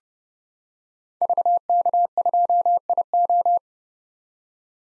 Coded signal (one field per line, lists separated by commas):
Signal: Morse code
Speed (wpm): 32 wpm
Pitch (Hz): 700 Hz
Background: none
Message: VK2IO